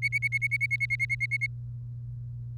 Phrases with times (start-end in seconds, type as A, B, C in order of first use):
0.02-1.46 A